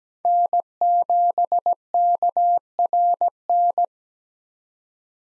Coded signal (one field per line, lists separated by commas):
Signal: Morse code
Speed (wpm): 17 wpm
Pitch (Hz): 700 Hz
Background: none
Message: N7KRN